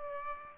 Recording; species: mosquito wingbeat signal from an infrared sensor; Aedes aegypti